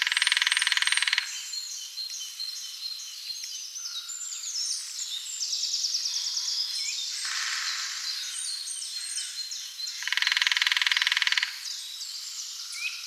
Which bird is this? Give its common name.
Lesser Spotted Woodpecker